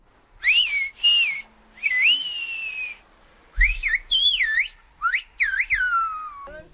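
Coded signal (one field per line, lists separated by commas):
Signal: whistled language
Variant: Silbo Gomero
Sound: loud gliding whistles rising and falling in short phrases, two exchanges with pauses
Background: outdoor ambience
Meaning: A greeting exchange: good morning, David; good morning, Bartolo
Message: Buenos días, David. Buenos días, Bartolo.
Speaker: Escuchamos si les parece una pequeña conversación silvada en Tenerife, eso sí, traducida.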